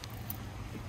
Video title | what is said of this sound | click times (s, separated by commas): Gozney Dome - First Pizza & Stand Build - 2 Pizzas 🍕 | it's locked in place | 0.0 s, 0.3 s